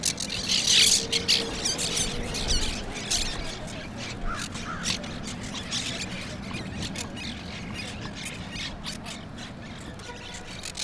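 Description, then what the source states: Monk parakeets in a burst of shrill, grating squawks and chatter for the first few seconds, then sparser calls over a low background rumble. Parrots recorded in Brooklyn.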